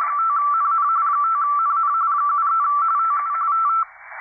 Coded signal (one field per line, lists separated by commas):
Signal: RTTY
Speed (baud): 45.45 baud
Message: 5NN 5NN 73 TU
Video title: VP2MUM (DL2RUM) Using his RUMped contest software on 30M RTTY